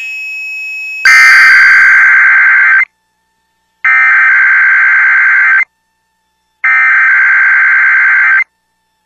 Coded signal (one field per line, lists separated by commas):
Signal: Emergency Alert System (SAME) tones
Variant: header bursts